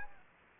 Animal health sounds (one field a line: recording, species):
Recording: mosquito wingbeat signal from an infrared sensor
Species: Aedes aegypti